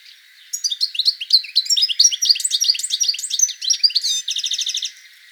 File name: Carduelis carduelis